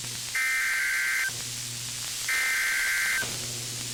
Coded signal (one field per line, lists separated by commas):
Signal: Emergency Alert System (SAME) tones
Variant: header bursts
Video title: A GREAT RECORDING METHOD... (EAS Captures from 2026-6-10 to 2026-6-11) (EAS #10 - #29)